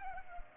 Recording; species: mosquito wingbeat signal from an infrared sensor; Culex pipiens